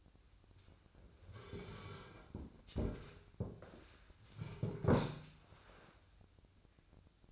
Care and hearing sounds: daily activity, microphone in the room; sit down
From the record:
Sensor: 2

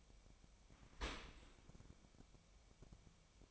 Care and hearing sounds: daily activity, microphone in the room; open dishwasher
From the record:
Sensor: 1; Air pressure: 1003.1 hPa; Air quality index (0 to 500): 195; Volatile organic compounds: 6 ppm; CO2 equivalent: 1862 ppm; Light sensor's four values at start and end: 28/69/29/36 and 28/69/29/36

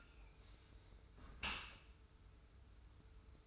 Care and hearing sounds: daily activity, microphone in the room; close dishwasher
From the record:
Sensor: 2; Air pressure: 991.2 hPa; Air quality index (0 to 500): 141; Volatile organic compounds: 265 ppm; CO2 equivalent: 4399 ppm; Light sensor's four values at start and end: 39/114/45/43 and 39/113/45/43

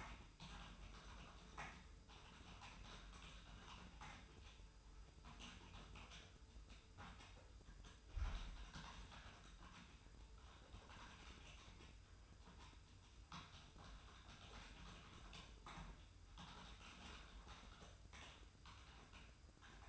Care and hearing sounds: daily activity, microphone in the room; typing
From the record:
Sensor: 2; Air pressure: 990.8 hPa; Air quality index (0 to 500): 144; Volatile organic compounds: 297 ppm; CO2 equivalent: 4474 ppm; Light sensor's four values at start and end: 27/68/27/28 and 27/69/27/28

